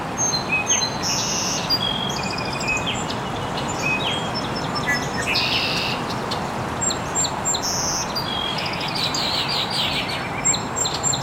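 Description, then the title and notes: Birds chirping in a lively chorus of high whistled notes and short buzzy bursts over a constant background hiss. Birds chirping very early in the morning in an estuary. "Birds Chirping in the Early Morning. Original sounds of birds chirping very early in the morning in an estuary"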